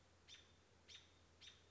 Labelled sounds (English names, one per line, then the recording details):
American Robin
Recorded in Sonoma County, California